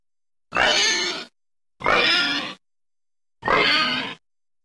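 Pig squeals: three harsh, harmonic-rich bursts, each lasting under a second, separated by silence.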